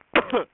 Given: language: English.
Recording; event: throat vibration sensor signal played as sound; cough